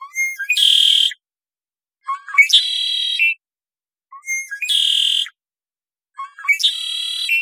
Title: Red-winged Blackbird - Agelaius Phoeniceus - Songs